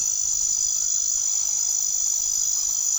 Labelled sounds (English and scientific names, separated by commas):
none